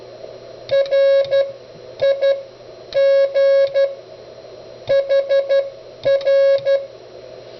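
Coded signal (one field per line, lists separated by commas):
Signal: Morse code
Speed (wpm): 12 wpm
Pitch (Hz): 550 Hz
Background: none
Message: RIG HR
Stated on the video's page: CW from the Begali CW Machine, a full-function keyer and CW trainer, shown with its autologging function.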